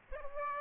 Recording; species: mosquito wingbeat signal from an infrared sensor; Aedes aegypti